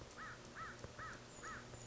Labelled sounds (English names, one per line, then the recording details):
American Crow
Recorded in Sonoma County, California